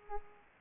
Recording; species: mosquito wingbeat signal from an infrared sensor; Culex pipiens